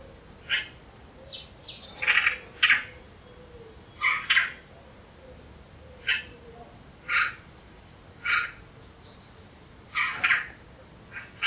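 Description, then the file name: Eurasian magpie making short, scratchy calls, often in quick pairs, spaced irregularly through the recording. "Ekster Pica pica"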